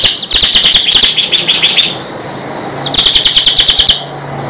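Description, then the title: Sunbird song: two fast bursts of sharp, high chipping notes, the first lasting about a second and a half and the second about a second, separated by a short pause. Clear, loud, melodious song used to train cage birds. "Suara Kolibri Ninja MERDU, JELAS DAN LANTANG"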